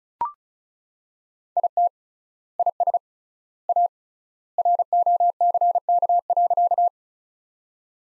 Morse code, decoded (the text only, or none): IT IS A ROCK.